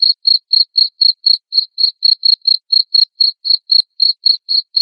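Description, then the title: Cricket calling with sharp high chirps in a quick even rhythm, around four per second, on a silent background. Loud cricket chirping played to make lovebirds sing continuously. "Suara JANGKRIK NGERIK Keras Bikin LOVEBIRD Jadi NGEKEK Terus Vubey"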